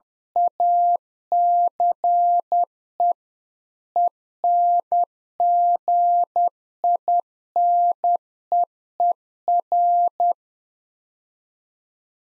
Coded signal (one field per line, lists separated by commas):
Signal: Morse code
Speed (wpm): 10 wpm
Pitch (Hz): 700 Hz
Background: none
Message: ACE ENGINEER